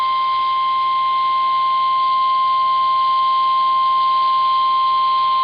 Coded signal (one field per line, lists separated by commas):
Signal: Emergency Alert System (SAME) tones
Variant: 1050 Hz attention tone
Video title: Severe Thunderstorm Warning [EAS 35] | NOAA Weather Radio (7/7/2011)